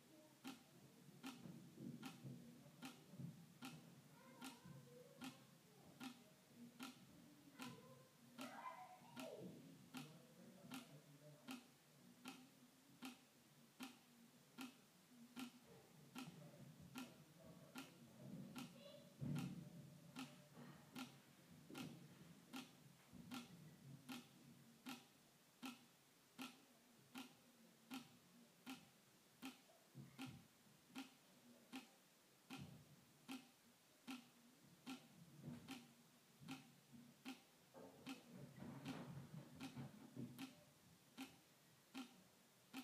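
Water drips onto plastic in steady, evenly spaced ticks about once a second, over a low murmur with brief faint sweeping sounds.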